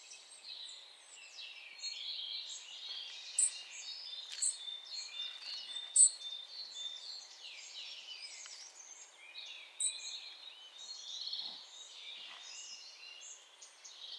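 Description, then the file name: European robin song: continuous high, tumbling warble of varied thin notes, punctuated by several loud, sharp high notes at irregular intervals. "Erithacus rubecula"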